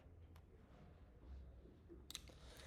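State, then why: Seated. Prescription snap-on sunglass lenses are clipped onto the frame of a pair of prescription eyeglasses. After a quiet stretch of low rustling, a sharp double snap is heard at 2.1 and 2.2 seconds as the lenses seat firmly on the frame.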